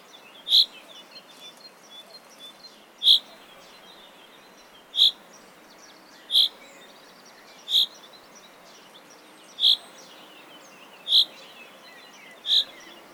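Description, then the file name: Common chaffinch calls: a series of eight short, sharp, high 'pink' notes, roughly one every one and a half to two seconds, with faint background hiss. "Fringilla coelebs"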